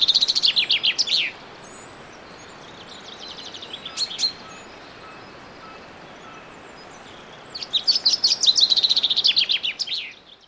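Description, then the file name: Common chaffinch song: two cascading trills of high chirps that tumble downward to a final flourish, with softer high notes in between. "Fringilla coelebs"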